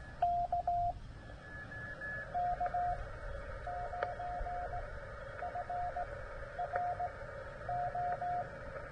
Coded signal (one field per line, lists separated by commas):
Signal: Morse code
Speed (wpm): 16 wpm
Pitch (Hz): 700 Hz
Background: radio noise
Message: K K9FRO